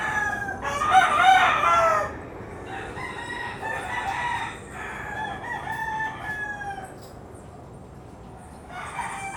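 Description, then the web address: Chicken: rooster crowing: one loud crow, then fainter crows in the background, with a low steady rumble of noise throughout. Several roosters recorded at dawn in Puerto Rico. "puerto rico coqs aube PRico"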